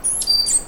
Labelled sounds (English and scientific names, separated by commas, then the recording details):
Stitchbird (Notiomystis cincta) song
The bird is a male
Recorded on Tiritiri Matangi Island, New Zealand, in 2005
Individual 1, of nest box 1